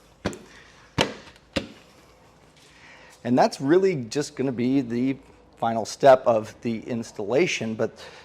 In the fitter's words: then this just kind of pops into place here on this side